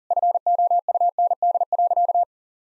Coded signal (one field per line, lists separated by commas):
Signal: Morse code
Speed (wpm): 40 wpm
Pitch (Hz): 700 Hz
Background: none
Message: FOUND.